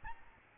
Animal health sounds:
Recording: mosquito wingbeat signal from an infrared sensor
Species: Aedes albopictus

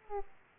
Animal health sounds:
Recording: mosquito wingbeat signal from an infrared sensor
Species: Aedes aegypti

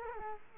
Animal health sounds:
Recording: mosquito wingbeat signal from an infrared sensor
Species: Culex quinquefasciatus

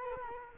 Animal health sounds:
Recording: mosquito wingbeat signal from an infrared sensor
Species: Culex quinquefasciatus

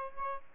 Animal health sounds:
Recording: mosquito wingbeat signal from an infrared sensor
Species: Aedes albopictus

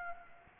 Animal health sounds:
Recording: mosquito wingbeat signal from an infrared sensor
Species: Anopheles gambiae

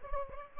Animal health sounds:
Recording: mosquito wingbeat signal from an infrared sensor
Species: Aedes albopictus

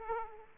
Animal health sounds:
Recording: mosquito wingbeat signal from an infrared sensor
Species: Aedes aegypti

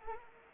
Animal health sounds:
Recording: mosquito wingbeat signal from an infrared sensor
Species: Anopheles arabiensis

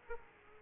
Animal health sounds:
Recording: mosquito wingbeat signal from an infrared sensor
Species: Aedes aegypti

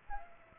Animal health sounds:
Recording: mosquito wingbeat signal from an infrared sensor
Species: Aedes aegypti

